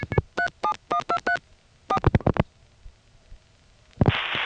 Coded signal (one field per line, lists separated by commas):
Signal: DTMF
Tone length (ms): 90 ms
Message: 37123 4